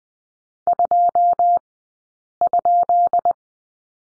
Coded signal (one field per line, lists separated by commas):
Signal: Morse code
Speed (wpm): 20 wpm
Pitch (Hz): 700 Hz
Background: none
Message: 2?